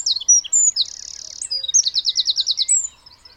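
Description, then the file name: Eurasian wren song, short and loud: high whistled notes, a flat buzzing reel, then a rapid run of evenly repeated trilled notes. "Troglodytes troglodytes"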